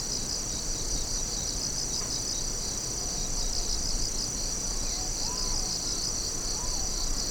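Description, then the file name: Continuous shrill insect trilling, high and finely pulsed, with a few faint short chirps in the background. "singing of insect"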